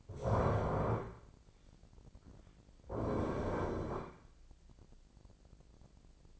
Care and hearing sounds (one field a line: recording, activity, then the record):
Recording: daily activity, microphone in the room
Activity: stand up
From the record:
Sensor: 5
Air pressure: 1009.3 hPa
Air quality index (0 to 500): 159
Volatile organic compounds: 2 ppm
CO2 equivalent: 1218 ppm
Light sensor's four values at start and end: 252/609/256/278 and 252/607/256/277